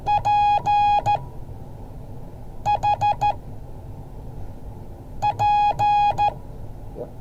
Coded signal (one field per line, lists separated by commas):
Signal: Morse code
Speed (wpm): 13 wpm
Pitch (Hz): 830 Hz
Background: none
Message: PHP